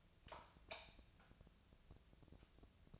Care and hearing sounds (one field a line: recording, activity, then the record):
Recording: daily activity, microphone in the room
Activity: light off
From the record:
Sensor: 2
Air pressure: 999.9 hPa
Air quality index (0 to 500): 117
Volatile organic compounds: 2 ppm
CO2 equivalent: 1008 ppm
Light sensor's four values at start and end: 30/78/33/36 and 27/67/28/31